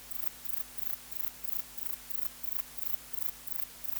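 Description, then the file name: Grey bush-cricket chirping, high and rasping, each chirp made of a few rapid pulses and repeated about three times per second, faint hum below. "Platycleis albopunctata"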